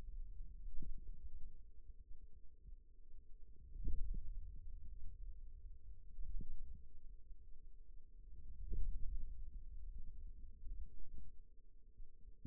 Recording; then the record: forearm muscle sounds (acoustic myography)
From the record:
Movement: ulnar deviation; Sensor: system 2, bracelet of six BSWA MPA416 microphones around the upper forearm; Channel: 3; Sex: male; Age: 22 years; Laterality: right